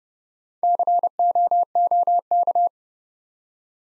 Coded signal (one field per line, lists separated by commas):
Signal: Morse code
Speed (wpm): 30 wpm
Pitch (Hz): 700 Hz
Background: none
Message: COOK